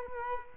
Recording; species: mosquito wingbeat signal from an infrared sensor; Culex quinquefasciatus